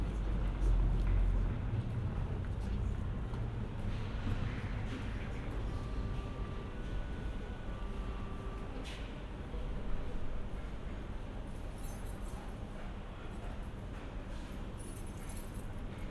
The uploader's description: A urban canyon caught between the charlottenburg elite and the never-tiring action of the main elevated train lines.